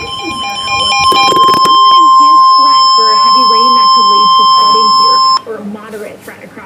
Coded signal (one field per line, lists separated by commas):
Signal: Emergency Alert System (SAME) tones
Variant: 1050 Hz attention tone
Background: speech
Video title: (RARE/FIRST TIME RECORDING THIS) MWS in my area!!! (EAS 6)